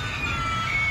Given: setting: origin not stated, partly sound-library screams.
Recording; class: one-second piece from a danger detection set; woman in danger